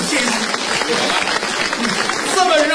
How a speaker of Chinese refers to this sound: 哦，嫌掌声不够热烈是吧？